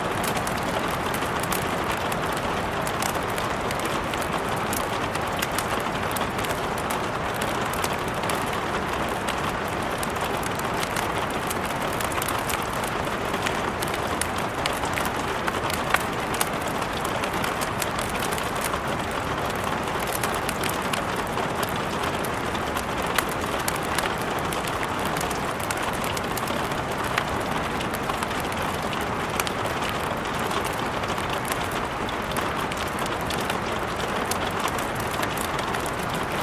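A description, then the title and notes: A steady, heavy rainstorm pours without pause, a dense, even hiss with a soft low rumble underneath and fine patter up top. Loudness barely shifts throughout, broken only by a few sharp pops around the middle, like crackles from a fire. Relaxing Rainstorm for Sleeping or Studying feat. Crackling Fireplace.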